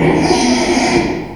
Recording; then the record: squeal of a Yucatan mini pig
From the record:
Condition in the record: after surgery on the right vocal fold (resection and tissue-engineered implant); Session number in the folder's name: 2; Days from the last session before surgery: 13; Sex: male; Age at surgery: 12 weeks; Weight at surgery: 13 kg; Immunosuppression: cyclosporine, prednisolone